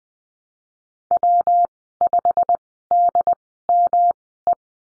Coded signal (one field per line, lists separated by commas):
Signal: Morse code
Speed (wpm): 20 wpm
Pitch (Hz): 700 Hz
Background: none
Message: W5DME